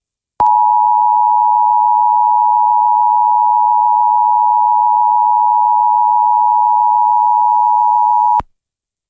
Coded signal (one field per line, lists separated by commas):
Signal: Emergency Alert System (SAME) tones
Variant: 853 and 960 Hz attention tone